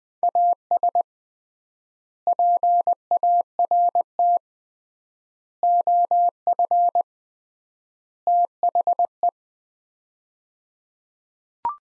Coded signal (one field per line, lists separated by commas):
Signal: Morse code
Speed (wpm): 21 wpm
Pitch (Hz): 700 Hz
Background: none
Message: AS PART OF THE